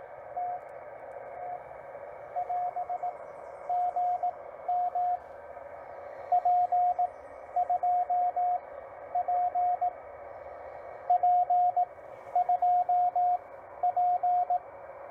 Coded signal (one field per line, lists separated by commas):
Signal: Morse code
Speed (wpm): 18 wpm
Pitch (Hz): 690 Hz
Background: radio noise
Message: T T <AS> GM P2P P2P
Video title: CW POTA, Follow along with me.